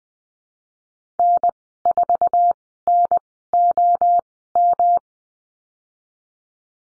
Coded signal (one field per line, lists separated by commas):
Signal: Morse code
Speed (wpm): 20 wpm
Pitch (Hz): 700 Hz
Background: none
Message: N4NOM